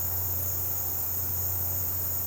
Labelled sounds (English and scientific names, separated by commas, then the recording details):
none
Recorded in pastures near Puerto Asís, Putumayo, Colombia, on 12 March 2025 at 15:30
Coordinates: 0.466, -76.322
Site CSA-02